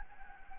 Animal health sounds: mosquito wingbeat signal from an infrared sensor; Anopheles gambiae

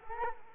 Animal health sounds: mosquito wingbeat signal from an infrared sensor; Culex quinquefasciatus

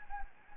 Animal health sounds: mosquito wingbeat signal from an infrared sensor; Anopheles gambiae

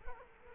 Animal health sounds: mosquito wingbeat signal from an infrared sensor; Culex quinquefasciatus

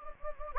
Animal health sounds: mosquito wingbeat signal from an infrared sensor; Anopheles gambiae

